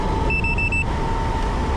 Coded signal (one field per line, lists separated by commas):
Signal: none